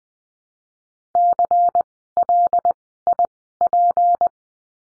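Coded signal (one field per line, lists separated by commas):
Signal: Morse code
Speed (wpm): 20 wpm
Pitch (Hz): 700 Hz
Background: none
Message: CLIP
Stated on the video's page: Morse lesson practicing words with the letter P, sent at Farnsworth speed 20/10 wpm.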